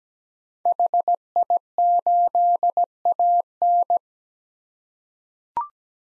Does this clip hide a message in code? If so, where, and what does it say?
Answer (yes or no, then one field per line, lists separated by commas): yes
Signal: Morse code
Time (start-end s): 0.7-4.0 s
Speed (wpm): 17 wpm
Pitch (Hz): 700 Hz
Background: none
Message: HI8AN